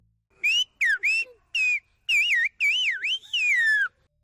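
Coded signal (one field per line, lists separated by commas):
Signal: whistled language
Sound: a clear whistle gliding up and down in about seven short speech-like phrases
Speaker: Languages that are based on whistling and whistle sounds. Instead of words or the typical sounds that you would find in a language, you use whistle sounds.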